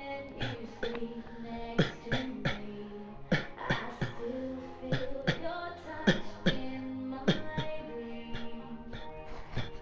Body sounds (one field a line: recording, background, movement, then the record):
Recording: voluntary coughing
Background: music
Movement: sitting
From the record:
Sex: male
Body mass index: 23.7 kg/m2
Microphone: on the chest, facing outward